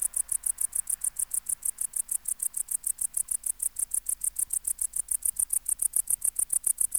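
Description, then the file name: Tettigonia hispanica bush-cricket stridulation, a regular train of brief, shrill, scratchy pulses repeated rapidly throughout. "Tettigonia hispanica"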